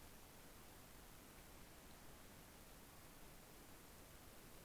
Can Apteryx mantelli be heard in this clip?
no